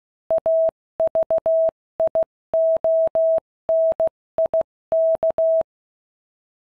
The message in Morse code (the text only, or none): AVIONIK